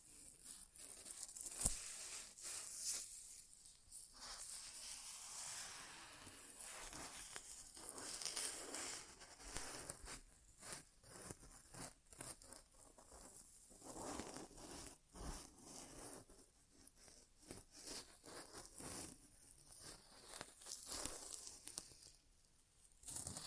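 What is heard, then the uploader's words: Soft rustling, scratching and crinkling from an ASMR ear exam, irregular bursts of bright hiss with brief pauses, and one sharp tap near two seconds. ASMR Inner Ear Exam (No Talking).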